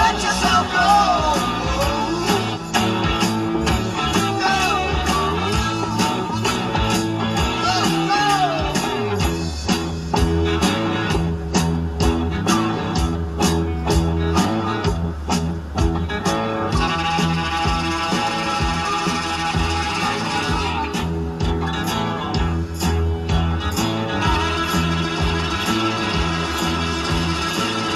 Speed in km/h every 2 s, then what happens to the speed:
8, 3, 6, 8, 6, 5, 0, 0, 0, 0, 0, 2, 2, 0.
0-9 steady at about 6. 9-12 slows to 0. 12-28 standing.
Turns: none.